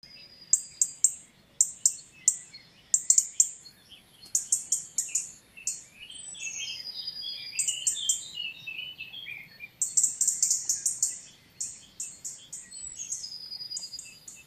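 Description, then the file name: European robin song: varied high thin phrases of quick trills, sharp notes and wavering whistles, given in flowing bursts with brief pauses, over faint background noise. "Erithacus rubecula"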